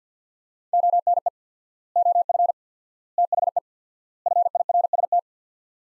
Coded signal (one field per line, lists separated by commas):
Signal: Morse code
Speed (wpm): 45 wpm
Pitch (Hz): 700 Hz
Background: none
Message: ONE OF THE FIRST